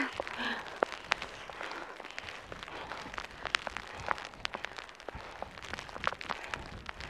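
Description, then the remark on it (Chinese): Hail pelting down on a recorder at Jiangudidu near an ice tower, at the source of a river, after a sudden change of weather: a dense, continuous rattle of sharp ticks and clicks, with louder individual cracks scattered irregularly throughout. “哎，这1分钟不到了， 1分钟不到，录音机上现在全是冰雹。”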